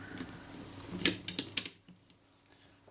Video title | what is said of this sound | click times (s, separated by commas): Voigtlander Perkeo II service part 04 | that's all clicked into place | 1.4 s, 1.6 s